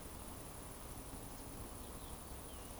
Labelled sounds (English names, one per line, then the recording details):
Eurasian Woodcock whistle
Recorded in Baden-Württemberg, Germany, on 25 June 2020 at 20:01 UTC
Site 24578, 122 m above sea level